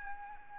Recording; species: mosquito wingbeat signal from an infrared sensor; Aedes albopictus